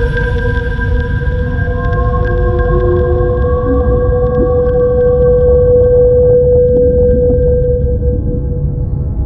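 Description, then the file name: Whale song with long held tones, a brief upward swoop near the middle, and one note swelling strongly before fading, all above a deep continuous rumble. Song of a mother whale. "Sonido Canto de Ballenas - Madre Ballena"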